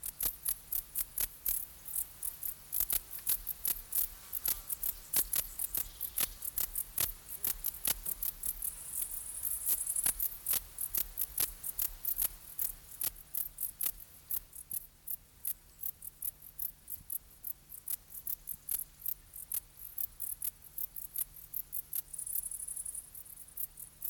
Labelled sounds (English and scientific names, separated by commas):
Bog Bush-cricket (Metrioptera brachyptera) stridulation